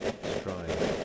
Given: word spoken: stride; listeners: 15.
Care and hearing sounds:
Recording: one English word in noise, from a listening test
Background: noise modulated by three-talker babble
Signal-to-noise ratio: -5.8 dB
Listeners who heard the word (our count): 2 of 15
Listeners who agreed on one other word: 11 of 15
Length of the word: 0.64 s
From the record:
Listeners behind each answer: 11, 2, 1, 1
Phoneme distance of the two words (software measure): 10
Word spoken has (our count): 1 syllable, 5 phonemes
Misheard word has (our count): 1 syllable, 5 phonemes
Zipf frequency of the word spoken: 3.86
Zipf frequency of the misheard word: 3.34

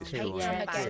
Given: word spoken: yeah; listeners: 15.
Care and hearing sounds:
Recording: one English word in noise, from a listening test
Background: four-talker babble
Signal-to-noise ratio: -1.8 dB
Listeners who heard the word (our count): 0 of 15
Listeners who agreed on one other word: 13 of 15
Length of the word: 0.50 s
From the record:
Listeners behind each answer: 13, 1, 1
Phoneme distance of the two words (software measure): 48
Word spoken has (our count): 1 syllable, 2 phonemes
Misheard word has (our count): 2 syllables, 6 phonemes, stress on syllable 1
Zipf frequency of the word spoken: 6.27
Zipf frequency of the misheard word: 3.61

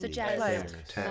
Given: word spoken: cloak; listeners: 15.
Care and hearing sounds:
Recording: one English word in noise, from a listening test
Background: four-talker babble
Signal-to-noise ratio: -0.8 dB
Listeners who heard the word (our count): 2 of 15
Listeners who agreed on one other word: 7 of 15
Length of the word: 0.71 s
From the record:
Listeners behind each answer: 7, 3, 2, 2, 1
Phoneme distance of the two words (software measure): 54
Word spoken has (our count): 1 syllable, 4 phonemes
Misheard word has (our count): 2 syllables, 6 phonemes, stress on syllable 2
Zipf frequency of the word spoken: 3.43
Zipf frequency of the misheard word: 4.63

